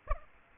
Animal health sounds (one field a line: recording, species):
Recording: mosquito wingbeat signal from an infrared sensor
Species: Aedes aegypti